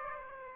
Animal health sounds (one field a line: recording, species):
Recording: mosquito wingbeat signal from an infrared sensor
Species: Aedes aegypti